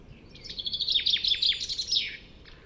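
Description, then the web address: Bird song: a fast jumble of high chirps and slurred notes for under two seconds, ending with a brief soft note after a pause. "Bird Only"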